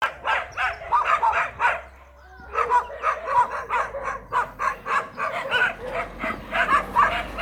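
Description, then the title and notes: Dogs bark in quick overlapping runs, a brief lull after two seconds, then the chorus resumes over a low steady hum. Dogs at 13 Chemin des Filaos, Cilaos, Réunion, recorded 17 December 2018 around 18:05. "13 Chemin Des Filaos, Réunion - chiens. À Cilaos on s'entoure de chiens"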